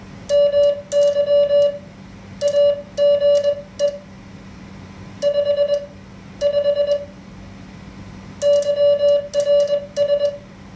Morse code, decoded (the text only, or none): MY AGE 55 YRS